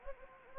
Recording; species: mosquito wingbeat signal from an infrared sensor; Anopheles gambiae